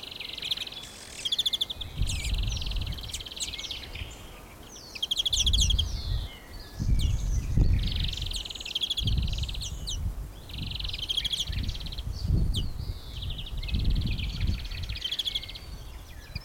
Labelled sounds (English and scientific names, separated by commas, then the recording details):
European Greenfinch (Chloris chloris)
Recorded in the wild
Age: adult
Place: Blankenfelde, Berlin, DE
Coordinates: 52.625, 13.404
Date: 1992-04-25 12:50
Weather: böiger Wind, 16-23°C
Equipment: Nagra SN, Mikrofon AKG CK 8, Kopie Tesla B 116
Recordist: Tembrock, Günter
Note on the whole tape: Fließtal bei Mühlenbeck; Rufreihen ca. 4 Exemplare (etwas Gesangsansätze)